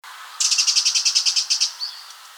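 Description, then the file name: Eurasian wren giving a rapid dry rattle of about thirteen sharp, high ticking notes in just over a second, ending with a fainter thin trailing note. "Troglodytes troglodytes"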